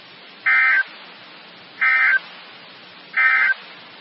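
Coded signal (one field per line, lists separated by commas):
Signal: Emergency Alert System (SAME) tones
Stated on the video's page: Real Required Weekly Test alerts captured over one day.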